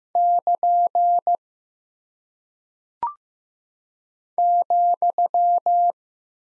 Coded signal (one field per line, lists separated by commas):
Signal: Morse code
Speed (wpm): 15 wpm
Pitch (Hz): 700 Hz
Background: none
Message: <KN> ,